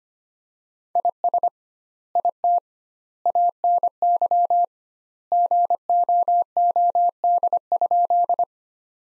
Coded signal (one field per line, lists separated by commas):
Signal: Morse code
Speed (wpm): 25 wpm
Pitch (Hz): 700 Hz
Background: none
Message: IS IT ANY GOOD?